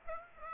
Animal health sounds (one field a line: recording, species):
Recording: mosquito wingbeat signal from an infrared sensor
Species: Aedes aegypti